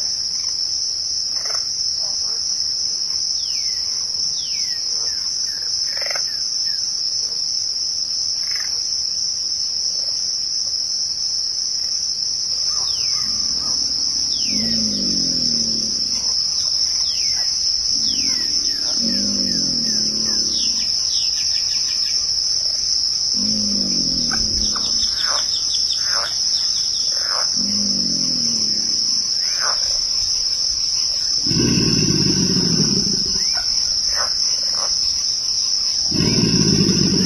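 A late-night marsh with a steady, shrill insect drone throughout, plus low croaking calls repeating every few seconds from about fifteen seconds on.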